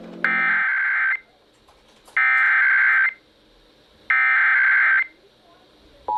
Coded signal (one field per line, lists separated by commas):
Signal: Emergency Alert System (SAME) tones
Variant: header bursts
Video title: North Carolina July Tests - EAS Alerts from 7/9/18 (EAS #1,406 - 1,409) -